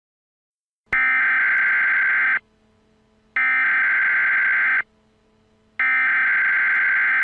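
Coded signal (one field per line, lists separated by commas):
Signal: Emergency Alert System (SAME) tones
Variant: header bursts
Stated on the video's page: Fictional EAS scenario; simulated alert tones, not a real broadcast.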